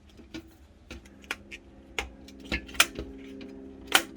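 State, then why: Seated. A part, possibly the rear I/O shield or a bracket, is pushed into a small-form-factor mini-ITX PC case against a little friction. Scattered light ticks and plastic-metal taps build over a faint steady hum until a sharp snap at 2.8 s, with one more bright tap near the end. The part snaps into place and is seated.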